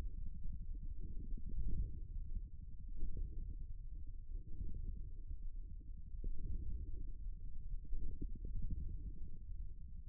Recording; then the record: forearm muscle sounds (acoustic myography)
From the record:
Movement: ulnar deviation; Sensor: system 1, eight BSWA MPA416 microphones around the upper forearm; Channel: 8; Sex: male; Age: 54 years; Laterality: right